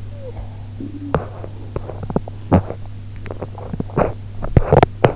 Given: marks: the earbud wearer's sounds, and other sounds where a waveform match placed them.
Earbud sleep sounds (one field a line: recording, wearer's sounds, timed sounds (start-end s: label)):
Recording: sounds in sleep by an in-ear microphone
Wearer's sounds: talking in sleep, teeth grinding, swallowing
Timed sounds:
0.00-0.66 s: talking in sleep
1.11-2.99 s: teeth grinding
3.15-3.90 s: swallowing
4.31-5.14 s: teeth grinding